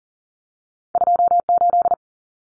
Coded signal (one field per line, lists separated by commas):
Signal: Morse code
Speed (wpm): 40 wpm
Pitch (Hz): 700 Hz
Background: none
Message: 28